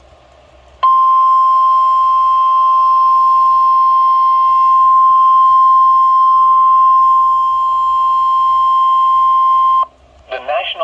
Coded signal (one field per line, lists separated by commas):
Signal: Emergency Alert System (SAME) tones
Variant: 1050 Hz attention tone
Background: speech